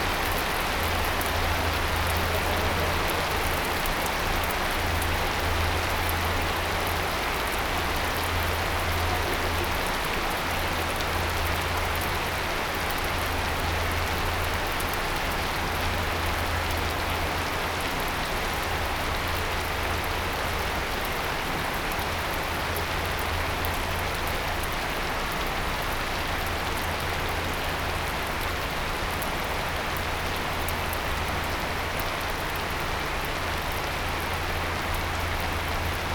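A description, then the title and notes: A field recording from Japan filled with steady, dense rain hiss that stays even for the full half-minute. Beneath it a low hum comes and goes, fading out briefly around the ten and twenty-five second marks, possibly a passing vehicle or engine. Field recordings I made in Japan.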